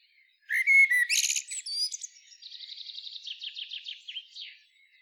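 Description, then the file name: Common blackbird song phrase: a brief fluted whistle and chattering notes, followed by a run of fast, buzzy, repeated high notes that fade away. "Turdus merula"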